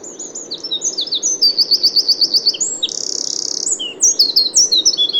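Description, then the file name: Eurasian wren song: a loud, rapid, high-pitched jumble of descending notes and quick trills, with a dense buzzy trill in the middle before more fast phrases. "Troglodytes troglodytes"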